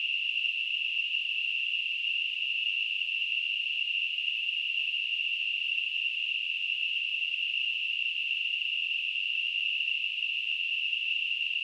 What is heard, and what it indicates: Tinnitus.